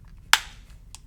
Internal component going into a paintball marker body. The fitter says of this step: You hear that snap, you know that it's gone back together properly.